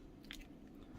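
A button battery is being handled at the battery compartment of a digital pain-relief (TENS) unit after its ribbon has been pulled out, ready to be pushed in evenly. Faint handling sounds and brief ticks are heard around 0.3 s, with no talk. Nothing has seated or snapped into place yet.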